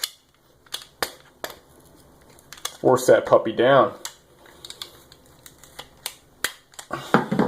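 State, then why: Released. A jammed metal magazine in the magazine well of a 1911 pistol grip is forced down while the magazine release is held, with sharp taps and knocks through the clip and someone talking in the middle. A loud click at 7.1 s marks the stuck magazine coming free so it can be dropped out.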